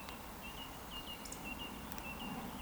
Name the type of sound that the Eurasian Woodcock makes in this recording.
whistle